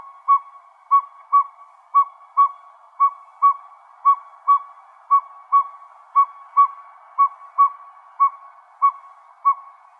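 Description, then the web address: Northern pygmy owl call: a steady series of clear, low whistled toots, with no other sounds. Recorded in Arizona. "Owls NOPO. deviche"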